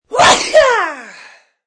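A single acted adult sneeze, a human sick sound effect: a sharp noisy burst, then a falling voiced tail that fades over about a second.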